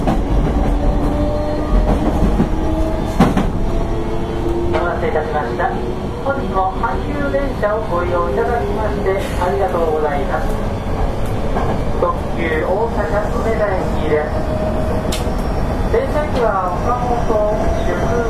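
A Hankyu Railway 8000 series express train runs along the Kobe Line, its low rumble heavy and unbroken for the whole stretch. Motor tones hum and shift in pitch, with occasional sharp knocks, and voices talk over the noise from about five seconds on.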